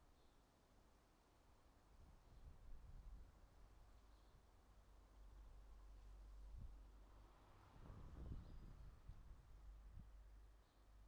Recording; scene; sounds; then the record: everyday scene through a hearing-aid microphone; wind on the microphone; wind, traffic, birds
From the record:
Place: suburban garden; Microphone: in the ear canal, right